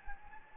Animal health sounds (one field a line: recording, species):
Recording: mosquito wingbeat signal from an infrared sensor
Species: Anopheles gambiae